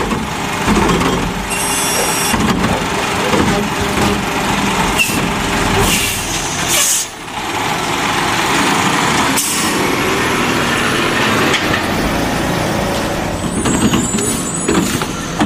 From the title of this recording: Garbage Trucks